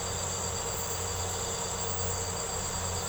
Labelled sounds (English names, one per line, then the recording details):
none
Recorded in secondary vegetation near Puerto Asís, Putumayo, Colombia, on 4 March 2025 at 03:00
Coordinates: 0.468, -76.324
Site G059